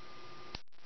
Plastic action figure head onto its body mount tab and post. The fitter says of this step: and it should click into place like so